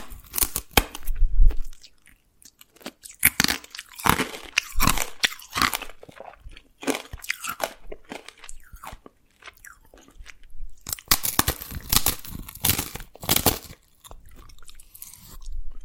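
Dalgona candy is tapped and cracked in quick bursts of sharp, crisp snaps and crunches, each a bright click ringing high. The cracks come in clusters with short quiet gaps, thickest near the start, around four to six seconds, and again from eleven to fourteen seconds.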